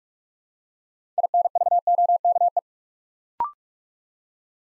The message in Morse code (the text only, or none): INVOKE